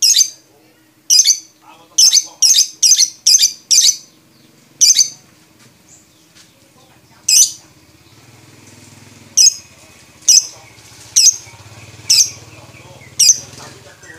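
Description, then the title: Lovebird calls: sharp shrill squeaks, first in a quick cluster, then spaced about once a second after a pause. Lovebird described as a champion with a clear voice; masteran recording for training other songbirds. "MASTERAN BURUNG 2. Kicau Suara Burung Lovebird Juara Suara Bening"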